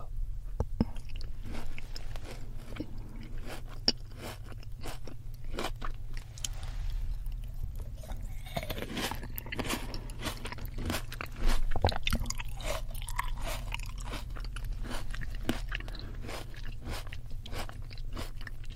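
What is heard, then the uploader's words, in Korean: Seedless red grapes are eaten, with crisp bites and wet, squishy chewing repeating every second or so. A busier stretch of crunching comes around the middle, with a sharp bite near twelve seconds. A low, steady hum runs underneath throughout. 씨 없는 적포도 이팅 사운드.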